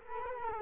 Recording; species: mosquito wingbeat signal from an infrared sensor; Culex quinquefasciatus